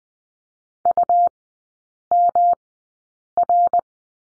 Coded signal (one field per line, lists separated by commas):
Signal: Morse code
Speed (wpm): 20 wpm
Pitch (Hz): 700 Hz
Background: none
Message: UMR